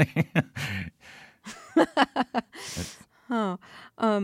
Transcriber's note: laughter